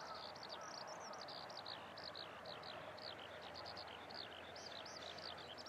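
Eurasian skylark singing a clear, fast, unbroken warble of high bouncing notes and trills, tumbling on continuously above a steady low background noise.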